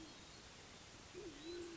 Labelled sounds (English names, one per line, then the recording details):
Band-tailed Pigeon
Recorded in Sonoma County, California